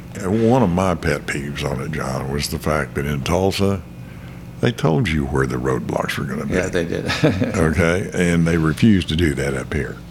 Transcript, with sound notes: One of my pet peeves on it, John, was the fact that in Tulsa, they told you where the roadblocks were gonna be.
Yeah, they did. (Chuckles)
And they refused to do that up here.